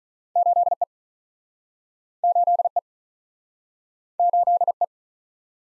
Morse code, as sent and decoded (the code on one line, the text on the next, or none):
---.. / . / ---.. / . / ---.. / .
8 E 8 E 8 E